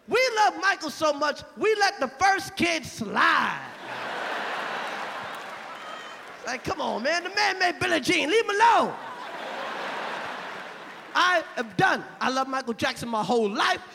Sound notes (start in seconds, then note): 3.7 soundbite of laughter; 8.9 soundbite of laughter